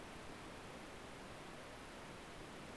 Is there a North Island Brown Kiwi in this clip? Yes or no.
no